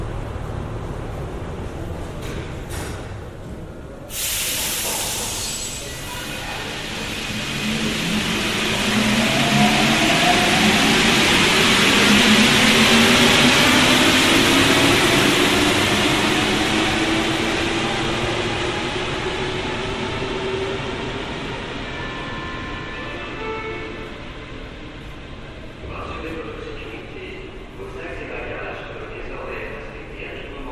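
A Paris Métro train runs along, its roar rising sharply around four seconds and swelling to a peak near the middle before easing back. Rolling, whining tones sweep upward and downward through the run, with faint voices and clatter underneath.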